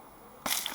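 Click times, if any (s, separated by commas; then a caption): 0.5 s. A greased drive shaft with its retaining ring is pushed into the differential of a Volvo V50's automatic gearbox. After a quiet stretch, a sudden crunchy snap at 0.5 s marks the ring snapping home, followed by brief rustling and a small sharp tick near 0.7 s. The shaft goes in silky smooth and now sits flush in the gearbox, fully seated.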